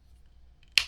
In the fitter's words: it's got that good snap on it